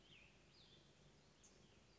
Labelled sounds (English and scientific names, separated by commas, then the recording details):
Cassin's Vireo (Vireo cassinii)
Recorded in Sonoma County, California